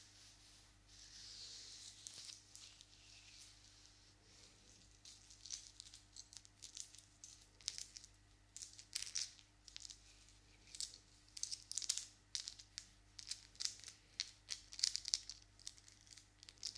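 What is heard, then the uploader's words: Hands move and long nails scratch and tap, making dry, crinkly rustles. The sounds are soft and sparse for the first few seconds, then become busier from about six seconds, with quick bright clicks and scrapes. A low, steady hum runs underneath throughout. ASMR Hands Sounds Movements Long Nails.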